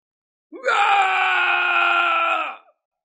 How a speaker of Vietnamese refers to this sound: Lão gầm thét một cách thê lương